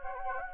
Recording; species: mosquito wingbeat signal from an infrared sensor; Anopheles gambiae